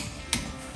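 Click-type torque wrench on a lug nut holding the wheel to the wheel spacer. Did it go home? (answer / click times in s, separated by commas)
yes / 0.3 s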